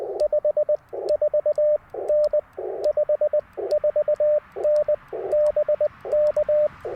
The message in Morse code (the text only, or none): 54N 54N BK